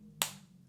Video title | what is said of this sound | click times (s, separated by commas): THE BEST 3 NICHE FRAGRANCE HOUSES FOR SPRAYERS & ATOMIZERS! THESE BOTTLES DELIVER THE PERFECT SCENT! | hear that nice click | 0.2 s